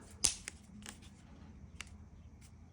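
A 3D-printed plastic mounting bracket for an amber grille light is handled against the back of the mesh lower grille shield on a Honda Element, being pushed in to snap into place. Short plastic taps and rustles sound over a low background hum, with a louder knock near the start and brief sharp ticks at 0.5 s and 1.8 s. Nothing has seated or snapped into place yet.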